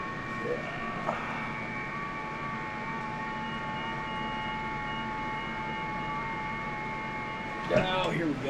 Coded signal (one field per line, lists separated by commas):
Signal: FT8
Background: speech